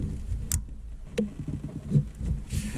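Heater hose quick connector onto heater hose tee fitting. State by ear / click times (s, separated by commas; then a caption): seated / 0.5 s, 1.2 s. A coolant heater hose quick connector on a 2007–2014 Chevy Tahoe/Suburban is pushed onto a plastic heater hose connector tee until its locking tabs engage, then tugged to check. Sharp clicks sound at 0.5 s and 1.2 s over low background noise. The connector is seated and locked.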